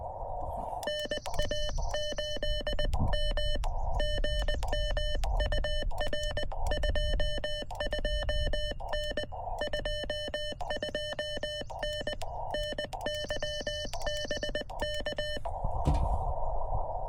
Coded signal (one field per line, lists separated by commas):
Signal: Morse code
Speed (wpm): 20 wpm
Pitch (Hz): 3000 Hz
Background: none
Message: NA8M GM UR 22N 22N NYBK